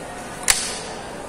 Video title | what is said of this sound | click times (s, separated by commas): How is the shooting performance of my ZEBRA Cross Bow Spear Gun | yan yan ang palatandaan na nag-lock na yung ating bala | 0.5 s